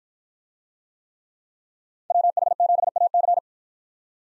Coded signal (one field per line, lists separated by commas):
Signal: Morse code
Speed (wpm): 53 wpm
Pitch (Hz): 700 Hz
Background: none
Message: WH7AC